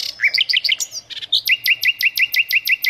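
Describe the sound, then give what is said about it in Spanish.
A bird sings alone, starting with a jumble of varied high chirps and whistles, then settling into a steady series of about ten rapid, evenly spaced high-pitched notes. “Entonces, bueno, es un libro digital de canto de pájaros, por supuesto.”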